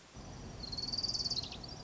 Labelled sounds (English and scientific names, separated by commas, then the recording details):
Orange-crowned Warbler (Leiothlypis celata)
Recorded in Sonoma County, California